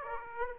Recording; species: mosquito wingbeat signal from an infrared sensor; Aedes aegypti